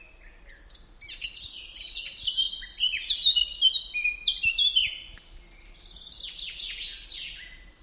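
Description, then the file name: Eurasian blackcap song: quick chattering warble rising to a loud burst of clear whistled and scratchy notes, followed by a softer, rambling continuation. "Sylvia atricapilla"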